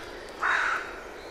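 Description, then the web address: Bird uttering one drawn-out, raspy call lasting about a third of a second against low steady background hiss. "Deverinetal 2025 File origin Bird Only"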